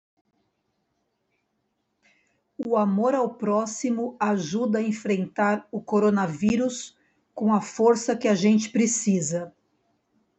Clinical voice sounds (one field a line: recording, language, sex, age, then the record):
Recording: spoken sentence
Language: Brazilian Portuguese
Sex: female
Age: 40 to 49 years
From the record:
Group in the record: control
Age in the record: 49 years